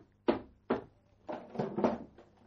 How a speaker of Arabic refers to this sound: باب بيتي فتحته